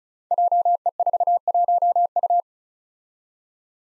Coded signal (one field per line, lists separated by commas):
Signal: Morse code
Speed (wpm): 36 wpm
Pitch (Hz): 700 Hz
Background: none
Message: JE41U